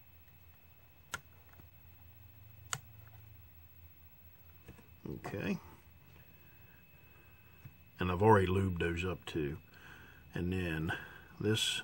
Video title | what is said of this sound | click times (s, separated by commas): Walthers Sperry Rail car DCC install | set of wheels if you listen you'll hear it click in the place okay | 1.1 s, 2.7 s